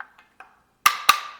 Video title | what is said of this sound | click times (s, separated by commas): 2018-2022 JAGUAR XF Sportbrake 5-dr Wagon with Flush Rails - Thule's Best Roof Rack | And there's the click. | 0.9 s